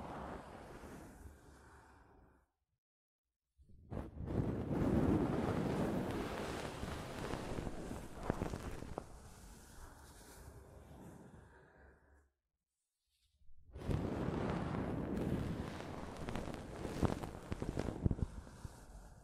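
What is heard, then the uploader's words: Soft fabric brushes against a mic in dense, rustling bursts, with full silences near 2.5–3.5 and 12.5–13.5 seconds, then scratchier rubbing returns. ASMR Mic Brushing using Soft Fabric (No Talking).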